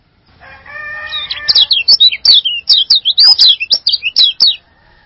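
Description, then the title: Bird singing a quick, lively warble of high slurred notes. A lower steady hum is heard at the start, and clicks are scattered through the song. "burung online"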